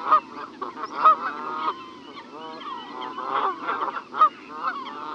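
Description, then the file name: Canada goose: canada geese giving nasal honks and drawn-out calls, several birds overlapping with brief louder peaks. "Canada Geese (Branta canadensis)"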